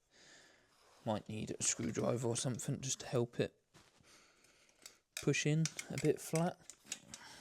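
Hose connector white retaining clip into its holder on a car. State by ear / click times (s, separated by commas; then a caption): not seated / none. Someone talks while handling a plastic coolant hose connector with a white retaining clip at its holder on a car, where a screwdriver may be used to help push it in. A few brief, faint ticks come near the end. Nothing has seated or clicked yet.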